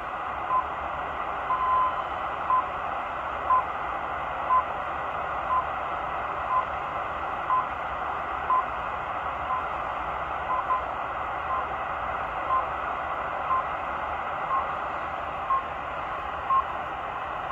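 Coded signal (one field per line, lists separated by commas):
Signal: radio time signal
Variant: RWM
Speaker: now is the rwm time signal station out of moscow russia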